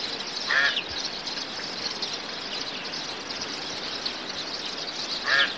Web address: audio animali uccelli 05 uccelli birds 01